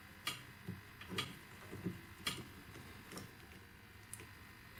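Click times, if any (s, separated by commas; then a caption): none. A small gemstone is pressed into a metal stud-earring setting for gypsy setting, giving a series of light ticking taps and scrapes around 0.3, 1.2, 2.3 and 4.1 seconds against a steady background hiss. The stone has not clicked into the setting, though it sits straight.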